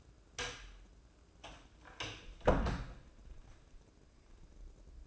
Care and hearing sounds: daily activity, microphone in the room; close door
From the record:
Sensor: 2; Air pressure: 1012.2 hPa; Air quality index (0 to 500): 162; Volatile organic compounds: 2 ppm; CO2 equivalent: 1184 ppm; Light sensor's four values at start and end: 275/684/275/283 and 276/687/277/284

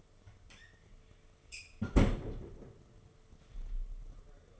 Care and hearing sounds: daily activity, microphone in the room; close fridge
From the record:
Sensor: 4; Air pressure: 1015.8 hPa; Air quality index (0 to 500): 197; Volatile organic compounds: 11 ppm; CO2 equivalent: 2274 ppm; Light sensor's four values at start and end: 13/30/13/14 and 17/40/17/18

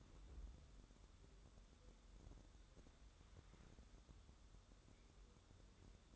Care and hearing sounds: daily activity, microphone in the room; wipe stove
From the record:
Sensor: 3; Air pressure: 1015.0 hPa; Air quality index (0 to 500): 64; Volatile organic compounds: 1 ppm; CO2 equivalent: 844 ppm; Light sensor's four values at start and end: 15/39/15/16 and 15/39/15/16

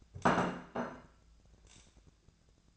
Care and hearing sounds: daily activity, microphone in the room; place plate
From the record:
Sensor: 2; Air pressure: 1000.0 hPa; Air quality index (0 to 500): 134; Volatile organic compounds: 2 ppm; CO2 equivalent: 1142 ppm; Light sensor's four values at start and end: 22/56/24/26 and 22/56/24/26

